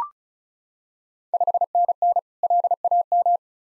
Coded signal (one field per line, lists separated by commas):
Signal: Morse code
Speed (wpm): 34 wpm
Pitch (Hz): 700 Hz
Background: none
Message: 5NN LAM